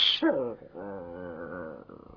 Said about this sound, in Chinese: 唔好嘈啦，咁夜唔好吠啊！